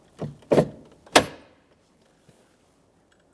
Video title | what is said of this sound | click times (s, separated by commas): How to Replace Front Exterior Door Handle Latch Cables 2013-2020 Ford Fusion | I heard an audible click from each side | 0.5 s, 1.2 s